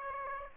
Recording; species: mosquito wingbeat signal from an infrared sensor; Aedes aegypti